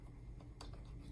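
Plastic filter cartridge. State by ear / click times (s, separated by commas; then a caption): not seated / none. A second 3M filter cartridge is handled against the bayonet mount of a half-face respirator, being placed before it is pressed and twisted on. Soft handling noises and a brief sharp tap around 0.6 s sit over a steady low background. Nothing has seated or clicked yet; the clip ends before the filter locks home.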